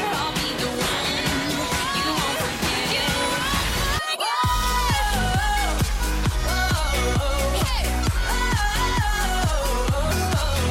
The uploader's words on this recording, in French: Voici une soirée de vendredi vraiment sympa au bowling st savin.